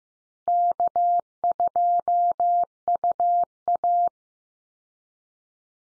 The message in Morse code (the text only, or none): K2UA